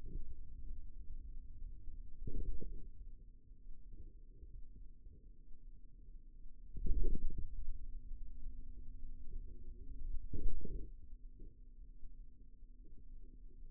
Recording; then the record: forearm muscle sounds (acoustic myography)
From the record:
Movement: radial deviation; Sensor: system 2, bracelet of six BSWA MPA416 microphones around the upper forearm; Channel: 3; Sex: male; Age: 22 years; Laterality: right